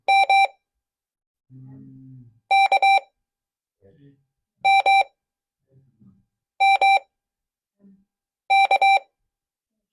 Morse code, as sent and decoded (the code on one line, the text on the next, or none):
-- -.- -- -- -.-
MKMMK